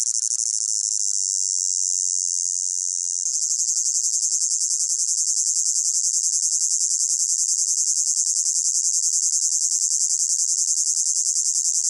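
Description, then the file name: Cicada buzz, beginning as a smooth high hiss, then switching after about three seconds to a louder, distinctly pulsating drone that continues. Close-up; pulsating, high-pitched buzz. "gain walkers CICADA Close Up Pulsating Buzz High Pitched"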